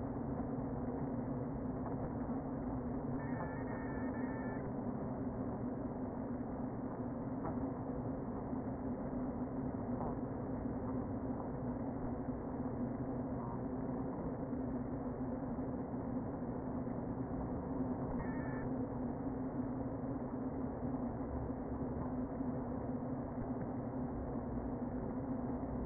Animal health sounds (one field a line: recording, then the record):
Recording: honeybee colony, microphone inside the hive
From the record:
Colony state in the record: queen present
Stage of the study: before two queens were removed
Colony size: about 60,000 bees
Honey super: yes